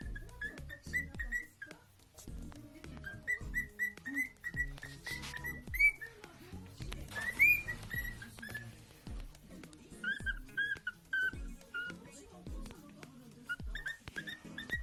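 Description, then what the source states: Cockatiel whistling a tune of short clear notes that rise and fall, often in quick runs, over constant low thumping and murmuring background sounds. Lutino colour variety.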